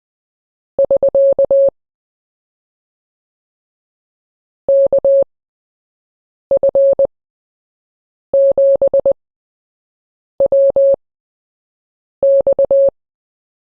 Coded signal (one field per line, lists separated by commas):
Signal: Morse code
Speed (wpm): 20 wpm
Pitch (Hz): 550 Hz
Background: none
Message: <SK> KF7WX